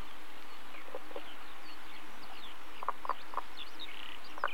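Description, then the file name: Common spadefoot calls as soft, short knocking notes, a few spaced clucks near the end, while thin bird chirps and twitters carry on faintly above. "løgfrø"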